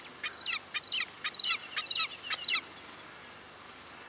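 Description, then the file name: Wedge-tailed eagle calling, five thin, high whistled yelps in quick succession, about two per second, over a constant shrill insect buzz. "Aquila Audax"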